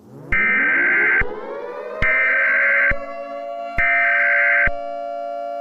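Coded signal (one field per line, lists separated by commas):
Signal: Emergency Alert System (SAME) tones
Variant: header bursts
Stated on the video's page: Fictional EAS scenario; the alert is simulated, not a real broadcast.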